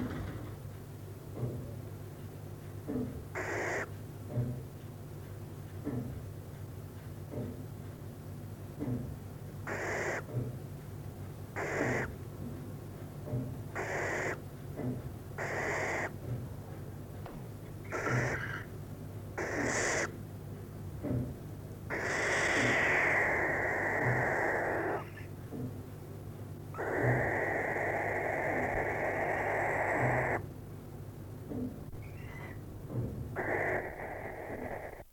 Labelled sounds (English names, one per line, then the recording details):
Western Barn Owl call
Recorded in the wild
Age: juvenile
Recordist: Meyer, Hugo